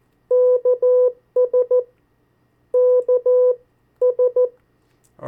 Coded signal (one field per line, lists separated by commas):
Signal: Morse code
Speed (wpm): 14 wpm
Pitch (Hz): 500 Hz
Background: none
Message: KS KS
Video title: 50 State Abbreviations, Variable speeds, in CW Video #2